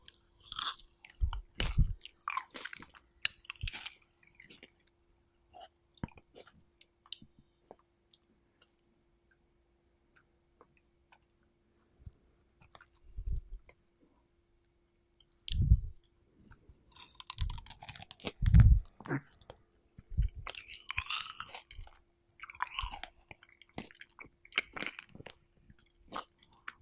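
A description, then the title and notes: Someone eats a strawberry in irregular bursts of wet chewing, with crisp bites and soft thuds near the start, around 16 seconds and near 18–19 seconds. A quiet stretch sits between about 6 and 12 seconds. A faint steady hum runs underneath throughout. Strawberry Eating Sounds (and breathing sounds).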